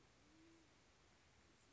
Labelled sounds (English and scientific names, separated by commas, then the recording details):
Band-tailed Pigeon (Patagioenas fasciata)
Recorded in Sonoma County, California